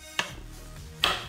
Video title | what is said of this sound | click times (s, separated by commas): Milwaukee Packout terminal storage! | Now the latches on this thing are super tough. They really lock into place. They clamp the top and the bottom together | 0.2 s, 1.0 s